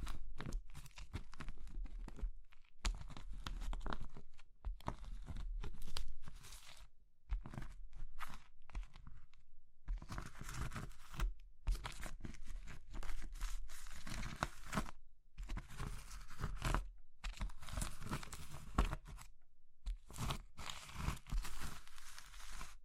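Crushing of soap, chalk, meringue and pastel, heard as dense bursts of gritty crumbling and crinkling. Bursts last a second or two and are split by short silences, with steady low rumble underneath. The busiest stretches run from about ten to twenty-three seconds.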